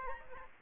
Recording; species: mosquito wingbeat signal from an infrared sensor; Aedes aegypti